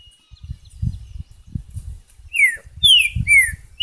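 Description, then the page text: Green-winged saltator giving a burst of rich, downward-slurred whistles near the end, after quiet low thumps and a faint thin whistle. "TRINCA FERRO #Saltatorsimilis #natureza #trincaferro #birds"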